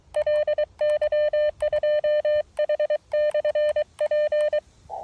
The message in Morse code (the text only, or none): LY2H/P